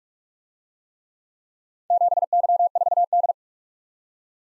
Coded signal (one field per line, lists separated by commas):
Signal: Morse code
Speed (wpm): 47 wpm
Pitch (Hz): 700 Hz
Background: none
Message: 7Y4D